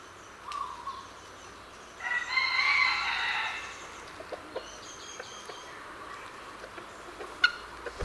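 Red junglefowl crow, a single raspy drawn-out call around two seconds long, among scattered clicks and faint high bird notes.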